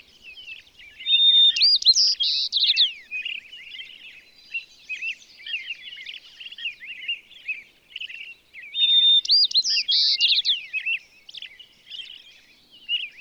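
Bird song of varied warbled phrases, whistled slurs and chirps, with a loud rising and falling flourish repeated twice, about eight seconds apart, over continuous softer twittering.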